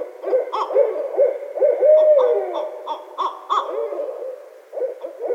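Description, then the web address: Barred owl hooting and caterwauling, a run of loud, wavering hoots and sliding whooping notes with rough overtones, several calls overlapping in quick succession. 12 February 2012. "Barred Owl 2012 02 12"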